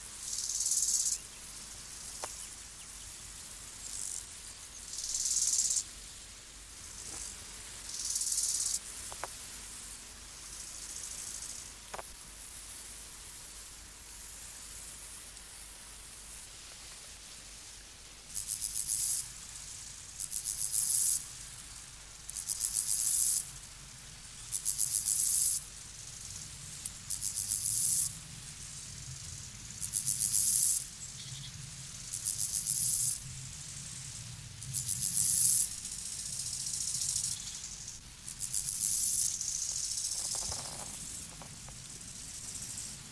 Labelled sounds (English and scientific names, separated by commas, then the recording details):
Bow-winged Grasshopper (Chorthippus biguttulus) stridulation
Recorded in the wild
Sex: male
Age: imago
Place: Buchorster Teiche, Brandenburg, DE
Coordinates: 52.6736, 13.3908
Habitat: pond
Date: 1983-08-27 12:12
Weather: sunny, 20°C
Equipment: Nagra SN (Automatic), Sennheiser MKH 416 T, Kopie Uher 4000 Report Monitor
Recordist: Tembrock, Günter